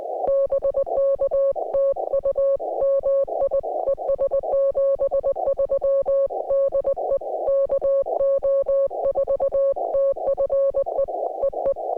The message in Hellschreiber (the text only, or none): none